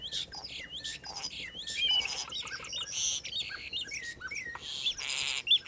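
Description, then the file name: Common starling song, a chattering medley of short chirps, squeaky whistles and buzzy rattling bursts. "kuldnokk"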